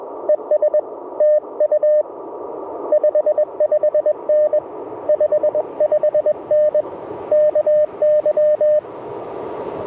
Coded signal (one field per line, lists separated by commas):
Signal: Morse code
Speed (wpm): 20 wpm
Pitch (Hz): 600 Hz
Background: radio noise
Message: ES TU 55N 55N KY